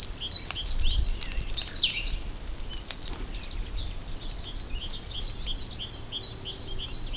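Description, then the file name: Great tit calls, rapid series of high chirpy notes repeated about three per second, in two bursts separated by a pause, over low background rumble. "Parus major"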